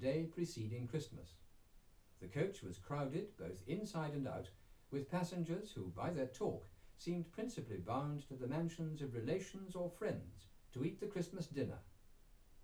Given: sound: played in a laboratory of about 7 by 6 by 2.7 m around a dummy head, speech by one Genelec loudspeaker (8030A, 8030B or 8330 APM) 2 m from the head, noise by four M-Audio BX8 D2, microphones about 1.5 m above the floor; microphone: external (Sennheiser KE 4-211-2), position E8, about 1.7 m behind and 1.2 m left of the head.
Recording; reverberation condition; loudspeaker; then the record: male speech in English; low; 30 degrees to the right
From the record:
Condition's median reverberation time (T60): about 310 ms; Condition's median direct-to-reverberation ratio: about 3.5 dB